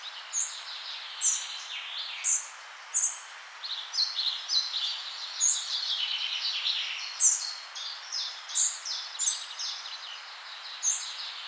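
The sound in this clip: Bird song of high, sharp chirps and quick twittering runs, repeated every second or so, with a busy stretch of overlapping notes in the middle.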